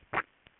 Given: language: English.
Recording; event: throat vibration sensor signal played as sound; swallow